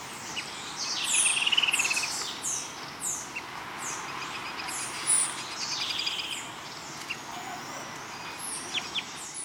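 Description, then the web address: Birds calling: a short buzzy trill early on, then high, downward-sliding chirps scattered through, over a broad background hiss. "BIRD 2015 SABIOD"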